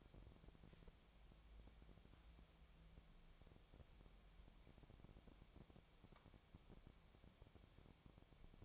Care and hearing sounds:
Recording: daily activity, microphone in the room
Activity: wipe stove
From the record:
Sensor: 1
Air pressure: 1007.1 hPa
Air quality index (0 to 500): 205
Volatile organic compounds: 22 ppm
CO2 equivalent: 2761 ppm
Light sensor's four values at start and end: 12/31/12/14 and 12/31/12/14

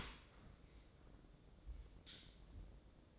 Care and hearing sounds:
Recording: daily activity, microphone in the room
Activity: open dishwasher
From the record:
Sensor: 3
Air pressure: 1012.3 hPa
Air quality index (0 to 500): 166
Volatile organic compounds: 2 ppm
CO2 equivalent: 1269 ppm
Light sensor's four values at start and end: 568/1403/579/583 and 571/1409/582/586

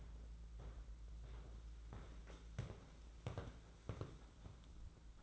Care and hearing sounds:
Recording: daily activity, microphone in the room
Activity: walk to room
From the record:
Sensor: 3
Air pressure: 992.0 hPa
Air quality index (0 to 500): 227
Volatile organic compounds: 1000 ppm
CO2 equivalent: 7799 ppm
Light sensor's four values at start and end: 25/76/31/26 and 25/75/31/26

